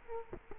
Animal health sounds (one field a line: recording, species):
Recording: mosquito wingbeat signal from an infrared sensor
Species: Culex quinquefasciatus